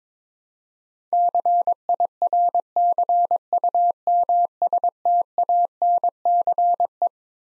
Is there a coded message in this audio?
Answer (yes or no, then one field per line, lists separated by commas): yes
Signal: Morse code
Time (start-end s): 1.1-7.1 s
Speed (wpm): 22 wpm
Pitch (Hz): 700 Hz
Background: none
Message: CIRCUMSTANCE